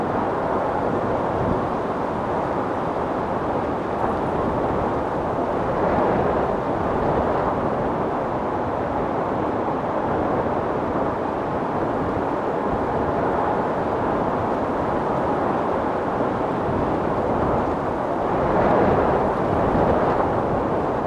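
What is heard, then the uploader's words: A wind storm roars steadily and densely, low and full, with gusts swelling brighter around six and nineteen seconds, no pauses. In this episode, we bring you the calming sounds of a wind storm, as gusts of wind howl and whistle through the air.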